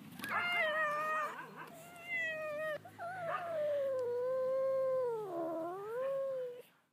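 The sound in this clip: Cat meowing: a bright meow, a second meow of similar length, then a long drawn-out wavering meow that dips and rises again before fading.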